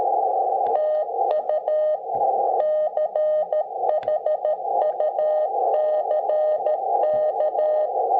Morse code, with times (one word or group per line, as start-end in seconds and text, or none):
0.8-2.0 TU
2.6-7.9 CHUCK